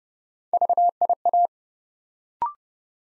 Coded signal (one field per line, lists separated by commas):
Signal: Morse code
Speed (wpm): 30 wpm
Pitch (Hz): 700 Hz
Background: none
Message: VIA